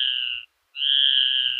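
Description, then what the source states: Ocellated Crake vocalization: two long, steady tones separated by a short pause. One of the specific recorded sounds of this small, secretive crake, a 'ghost bird' heard more often than seen.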